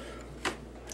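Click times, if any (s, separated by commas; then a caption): none. The two plastic front sections of a transforming robot toy's helicopter are handled and swung back to finish the robot mode, over a steady low hum. A short broadband tick of handling noise sounds at about 0.5 s and a fainter one near 0.9 s. Nothing has seated or snapped into place yet.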